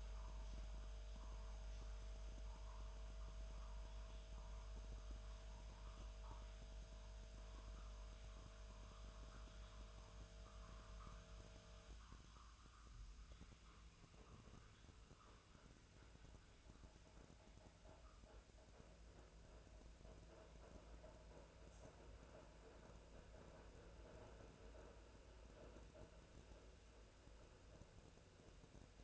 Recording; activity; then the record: daily activity, microphone in the room; make coffee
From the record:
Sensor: 2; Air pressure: 1009.3 hPa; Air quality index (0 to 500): 187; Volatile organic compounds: 11 ppm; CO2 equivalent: 2323 ppm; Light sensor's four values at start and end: 23/58/24/27 and 23/58/24/27